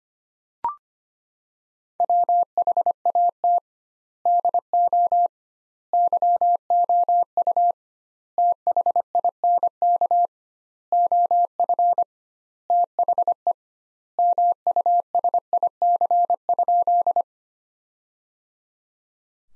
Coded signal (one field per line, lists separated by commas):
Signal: Morse code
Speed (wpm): 25 wpm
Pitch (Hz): 700 Hz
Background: none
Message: WHAT DO YOU THINK OF THE MUSIC?